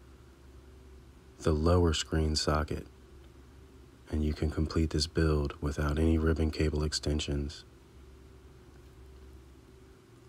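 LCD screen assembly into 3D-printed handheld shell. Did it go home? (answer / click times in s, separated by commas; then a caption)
no / none. An LCD screen is being worked into the 3D-printed plastic shell of a handheld console, a screen with clips meant to snap into the housing. Someone talks over a low steady hum. Nothing has seated or clicked yet.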